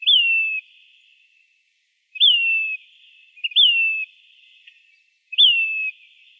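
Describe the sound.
Say's phoebe giving clear, downslurred whistled calls, each dropping sharply in pitch and then trailing off, four calls with irregular pauses between them.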